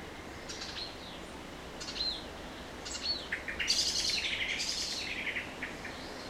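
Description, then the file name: Common blackbird with thin descending whistles, then an excited rapid chatter of harsh high notes running about two seconds, over constant background hiss. "Turdus merula"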